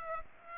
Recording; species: mosquito wingbeat signal from an infrared sensor; Aedes aegypti